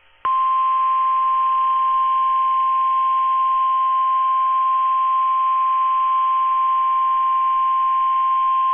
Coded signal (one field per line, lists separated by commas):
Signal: Emergency Alert System (SAME) tones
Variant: 1050 Hz attention tone